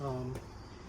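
The top lid of an electric honey extractor is being handled onto the drum, where it is meant to snap into place. Someone talks briefly with a voiced "um," then a faint low background continues. Nothing has seated or clicked yet.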